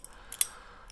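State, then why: Seated. A Ruike P801SF folding knife with steel liners, its pivot bearing just oiled, has its blade worked open. Two sharp clicks at 0.3 s and 0.4 s mark the blade snapping into place in the liner lock, seating it open and locked normally, with faint ticks before and after.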